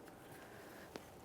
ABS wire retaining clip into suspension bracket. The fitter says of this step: you want to press it in listen for a click from that